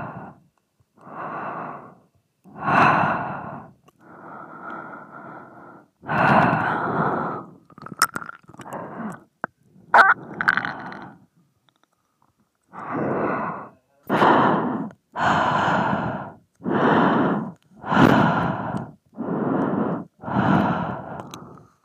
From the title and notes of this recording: ASMR Microphone Breathing.